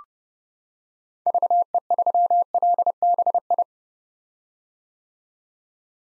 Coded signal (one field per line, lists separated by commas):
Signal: Morse code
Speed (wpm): 30 wpm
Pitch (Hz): 700 Hz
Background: none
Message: VE3LBI